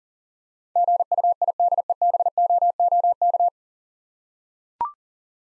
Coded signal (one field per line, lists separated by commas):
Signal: Morse code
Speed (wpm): 38 wpm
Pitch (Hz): 700 Hz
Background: none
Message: GUIDEBOOK